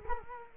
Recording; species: mosquito wingbeat signal from an infrared sensor; Culex quinquefasciatus